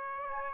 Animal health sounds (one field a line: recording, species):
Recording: mosquito wingbeat signal from an infrared sensor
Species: Aedes aegypti